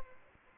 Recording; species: mosquito wingbeat signal from an infrared sensor; Aedes albopictus